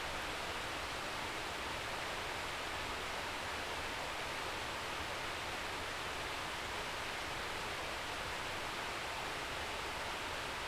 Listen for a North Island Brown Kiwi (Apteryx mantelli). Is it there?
no